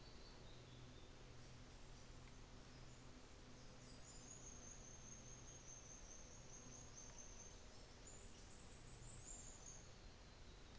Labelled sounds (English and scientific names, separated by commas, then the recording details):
New Zealand Fantail (Rhipidura fuliginosa)
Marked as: faintness 5/5, faintness 2/5
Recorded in New Zealand on 24 December 2018
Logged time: 13:05